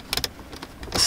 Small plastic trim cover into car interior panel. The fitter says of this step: snap right in place